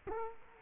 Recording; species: mosquito wingbeat signal from an infrared sensor; Culex quinquefasciatus